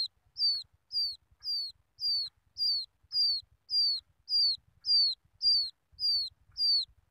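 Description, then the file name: Quail chick crying out in loud, high whistled peeps that drop in pitch, evenly spaced about 0.6 seconds apart over quiet background. Quail chick calling its mother. "tieng cut con goi me"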